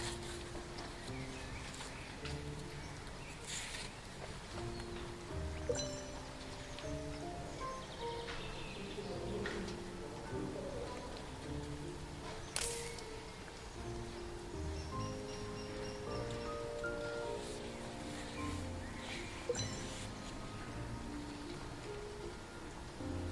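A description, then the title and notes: Soft music with gentle sustained low tones plays steadily over outdoor forest sounds, with occasional sharp clicks and faint footsteps throughout. The sounds of nature in the mountain forest, soft music, footsteps, people talking.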